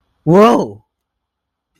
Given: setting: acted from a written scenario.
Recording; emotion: vocal sound without words; negative surprise